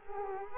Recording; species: mosquito wingbeat signal from an infrared sensor; Culex quinquefasciatus